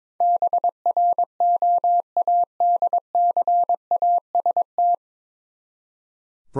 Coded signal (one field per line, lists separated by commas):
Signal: Morse code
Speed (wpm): 22 wpm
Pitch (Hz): 700 Hz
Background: none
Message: BROADCAST